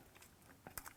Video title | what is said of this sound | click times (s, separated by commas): How to Replace and Install Front & Rear Glass in 1967-1972 Chevy Trucks - Kevin Tetz with LMC Truck | I can hear it locking as you're going in too. | 0.7 s, 0.8 s, 0.9 s